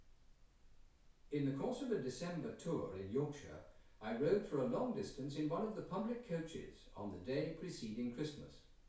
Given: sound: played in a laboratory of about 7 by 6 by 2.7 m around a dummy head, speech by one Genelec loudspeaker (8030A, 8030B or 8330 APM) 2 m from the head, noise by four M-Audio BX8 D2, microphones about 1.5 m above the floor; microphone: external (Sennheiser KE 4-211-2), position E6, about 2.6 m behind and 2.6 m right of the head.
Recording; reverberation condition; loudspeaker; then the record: male speech in English; medium; 30 degrees to the right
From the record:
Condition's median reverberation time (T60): about 510 ms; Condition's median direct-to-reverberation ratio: about -0.5 dB